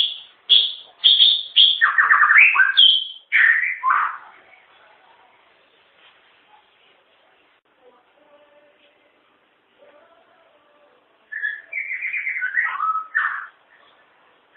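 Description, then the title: White-rumped shama song: rapid run of high whistles and chattering notes for about four seconds, a long pause, then another varied warbling phrase. "murai batu"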